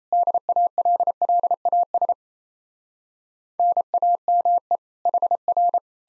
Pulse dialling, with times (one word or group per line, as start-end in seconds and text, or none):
none